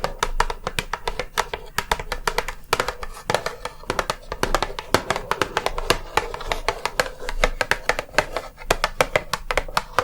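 Fingers tap rapidly and lightly, a dense run of short, crisp clicks at a brisk but uneven pace throughout. The taps are bright and sharp, sometimes clustering into quick bursts, over a faint low hum that stays steady underneath.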